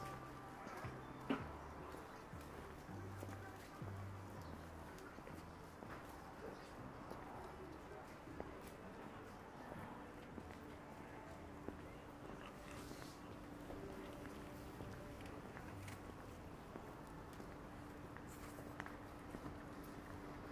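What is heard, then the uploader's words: Daytime street ambience in Akihabara: a steady, dense wash of crowd murmur and voices with low rumbling from passing vehicles. Scattered clicks and footsteps punctuate it, and a sustained low tone enters around the middle and holds to the end. Akihabara,daytime.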